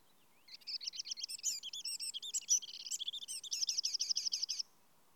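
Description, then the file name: Eurasian wren song: a rapid outpouring of high trills and twittering notes lasting about four seconds, ending in an even, fast trill. "Troglodytes troglodytes"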